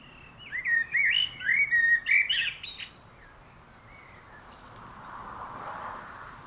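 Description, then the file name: Common blackbird song: low, mellow fluted warbling phrases ending in a burst of high, squeaky twittering, then quiet with soft background hiss. "Turdus merula"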